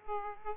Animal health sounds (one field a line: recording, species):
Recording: mosquito wingbeat signal from an infrared sensor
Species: Aedes aegypti